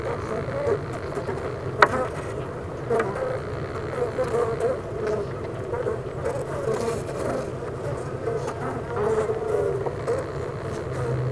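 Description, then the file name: Honey bees buzzing in a hive, a steady dense drone with a shimmering midrange hum that holds throughout, plus a brief sharp click near the two-second mark. Buzzing of a honey bee hive at Clara Vale, Gateshead, United Kingdom. "Honey Bee Hive-Clara Vale,Gateshead,UK"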